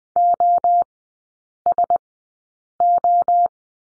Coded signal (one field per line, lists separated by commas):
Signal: Morse code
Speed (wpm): 20 wpm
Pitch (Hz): 700 Hz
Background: none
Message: OSO